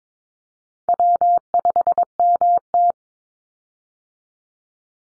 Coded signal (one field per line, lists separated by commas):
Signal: Morse code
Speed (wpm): 22 wpm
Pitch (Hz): 700 Hz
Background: none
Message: W5MT